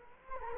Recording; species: mosquito wingbeat signal from an infrared sensor; Culex quinquefasciatus